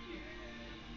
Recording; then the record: background sound without coughing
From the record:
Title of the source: BackgroundMusic